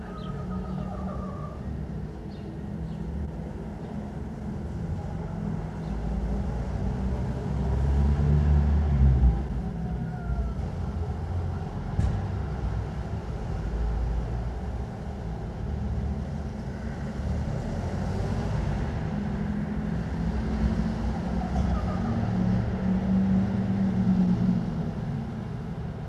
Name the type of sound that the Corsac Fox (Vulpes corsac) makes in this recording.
barking